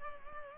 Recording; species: mosquito wingbeat signal from an infrared sensor; Culex pipiens